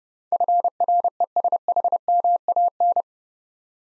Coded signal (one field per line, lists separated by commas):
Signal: Morse code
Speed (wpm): 30 wpm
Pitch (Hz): 700 Hz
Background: none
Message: FRESHMAN